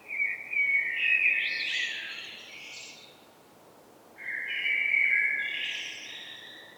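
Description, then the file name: Common blackbird song: two rich warbled phrases a few seconds apart, each ending in scratchy high-pitched twitters. "Turdus merula"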